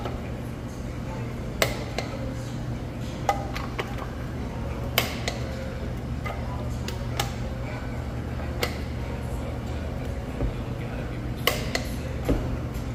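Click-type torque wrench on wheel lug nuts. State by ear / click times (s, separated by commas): torque reached / 1.6 s, 5.0 s, 11.5 s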